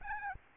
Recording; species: mosquito wingbeat signal from an infrared sensor; Aedes albopictus